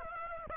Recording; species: mosquito wingbeat signal from an infrared sensor; Aedes aegypti